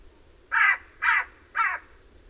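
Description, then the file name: Eurasian jay calling three hoarse, grating screeches spaced roughly half a second apart, each rough and harsh, over a quiet low rumble. "Garrulus glandarius"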